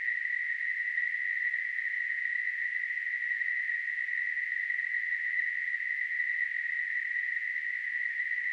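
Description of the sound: A steady, high-pitched hissing band of sound, centred around 2 kHz, holds unchanged throughout, with no rhythm or pauses. It is a simulation of tinnitus, the constant ringing or hissing a person with the condition hears without any outside source.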